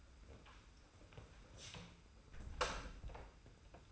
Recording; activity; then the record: daily activity, microphone in the room; close door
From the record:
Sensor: 2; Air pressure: 991.5 hPa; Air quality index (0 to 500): 145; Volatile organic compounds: 333 ppm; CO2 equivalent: 4550 ppm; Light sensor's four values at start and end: 32/94/37/35 and 31/94/37/35